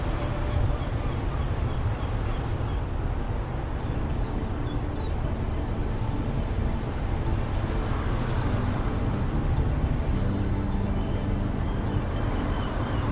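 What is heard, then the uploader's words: Inside a moving vehicle driving along the coast, a dense, steady low rumble fills the whole stretch with little change in level. A soft crackling hiss sits above it, and a brief low hum appears around ten seconds. An 80s Summer Drive. The sounds of distant waves against the coast you're driving along, with the crackle of the radio and the rather comforting sounds of the vehicle around you.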